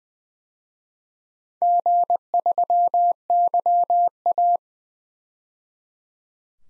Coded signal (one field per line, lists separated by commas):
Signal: Morse code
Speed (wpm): 20 wpm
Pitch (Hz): 700 Hz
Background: none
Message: G3YA